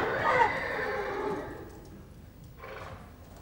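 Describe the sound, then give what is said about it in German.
A runaway carriage horse running toward the water lets out a loud, wavering neigh that trails off over about a second and a half, followed by a fainter, brief second whinny over a steady background rumble, with faint hoof clatter. “Das Ross läuft dem Wasser zu.”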